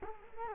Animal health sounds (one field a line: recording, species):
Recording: mosquito wingbeat signal from an infrared sensor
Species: Culex quinquefasciatus